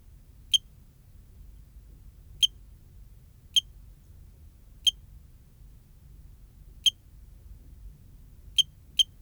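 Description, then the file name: Cricket song of short, piercing high chirps, seven of them at uneven intervals, the last two close together, over soft low background noise. "Eugrylloides pipiens"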